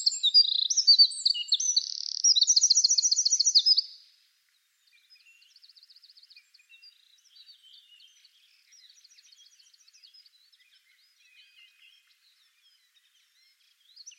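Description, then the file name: Eurasian wren song, a loud four-second burst of rapid high trills and sharp notes, then fainter, quieter phrases of similar trills for the rest. "Troglodytes troglodytes"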